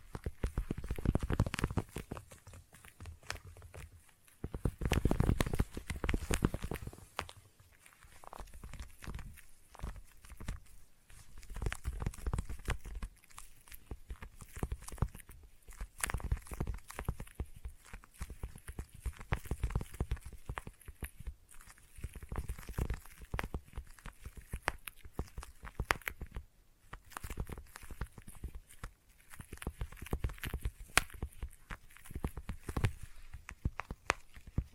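Sticky tapping with no talking: dense, irregular clicks and taps throughout, with heavier low thumps near five seconds and around fifteen to twenty.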